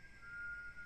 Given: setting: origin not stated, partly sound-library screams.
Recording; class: one-second piece from a danger detection set; normal situation